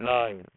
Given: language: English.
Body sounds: throat vibration sensor signal played as sound; speech

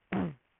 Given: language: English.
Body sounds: throat vibration sensor signal played as sound; throat clearing

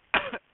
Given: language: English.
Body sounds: throat vibration sensor signal played as sound; cough

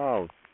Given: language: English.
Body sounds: throat vibration sensor signal played as sound; speech

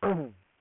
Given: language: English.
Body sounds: throat vibration sensor signal played as sound; throat clearing

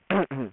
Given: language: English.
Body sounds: throat vibration sensor signal played as sound; throat clearing

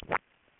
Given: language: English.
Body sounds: throat vibration sensor signal played as sound; swallow

